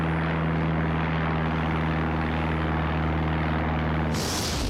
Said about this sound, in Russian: Взлетающий самолет загорелся и упал.